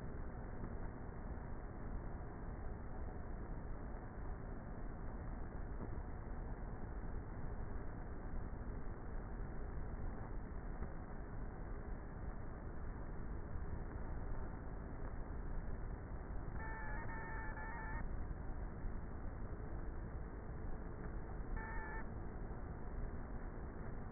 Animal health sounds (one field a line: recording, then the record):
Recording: honeybee colony, microphone inside the hive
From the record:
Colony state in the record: queenless with a low population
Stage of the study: before two queens were removed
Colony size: about 30,000 bees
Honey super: no